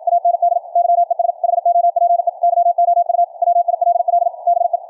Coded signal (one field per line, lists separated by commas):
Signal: Morse code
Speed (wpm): 53 wpm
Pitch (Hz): 690 Hz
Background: none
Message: AND YES HOPE YOU WILL BE